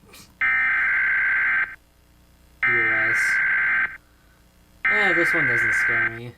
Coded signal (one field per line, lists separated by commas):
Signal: Emergency Alert System (SAME) tones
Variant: header bursts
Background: speech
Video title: Reacting to EAS alarms around the world